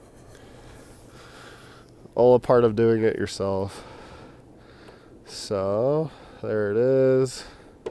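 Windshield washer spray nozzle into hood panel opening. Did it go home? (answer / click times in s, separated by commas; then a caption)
no / none. A windshield washer fluid spray nozzle for a 2012 Honda Odyssey van is handled at its opening in the hood panel, but nothing has seated or clicked yet. Someone talks over a low background hum, with faint handling noises between the phrases.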